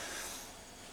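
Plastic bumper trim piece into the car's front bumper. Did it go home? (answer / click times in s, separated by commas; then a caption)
no / none. A plastic front-end trim piece from the bumper/lip area of a Peugeot Expert is handled along its perimeter as it is set into the car's front bumper. A steady broadband hiss fills the second, with a low rumble swelling near the end at about 1.0 s. Nothing has seated or clicked yet.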